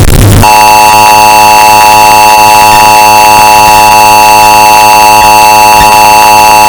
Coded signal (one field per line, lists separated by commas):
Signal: Emergency Alert System (SAME) tones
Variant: 853 and 960 Hz attention tone